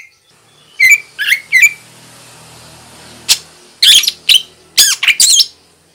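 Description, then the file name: Greater green leafbird calls: three quick sharp chirps, then a single sharp click and a run of several loud, harsh calls. Female. "suara burung cucak ijo betina"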